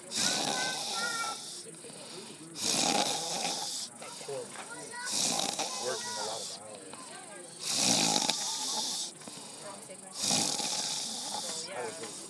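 Six loud, harsh, hissy breath noises come at a steady pace, about 24 a minute, with quieter gaps between them. This is snoring: noisy breathing from tissues vibrating in the upper airway during sleep. Faint warbling sounds are heard in the background.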